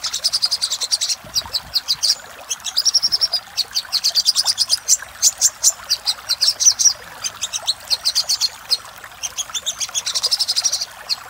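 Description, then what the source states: Little spiderhunter producing repeated bursts of fast, high, ticking notes, some runs buzzier and tighter, separated by brief pauses over about eleven seconds. Master recording used for training cage birds.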